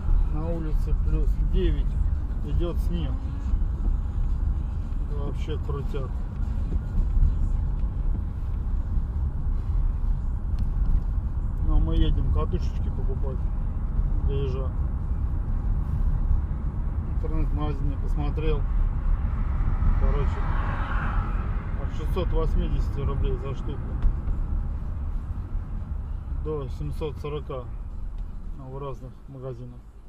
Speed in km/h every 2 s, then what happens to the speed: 21, 29, 35, 37, 37, 36, 38, 41, 39, 39, 43, 42, 31, 18, 3.
0-5 speeds up to 37. 5-21 steady at about 38. 21-30 brakes to 3.